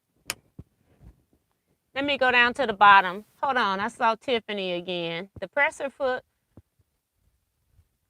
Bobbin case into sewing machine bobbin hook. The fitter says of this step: but if i close it and put put it in then i hear the click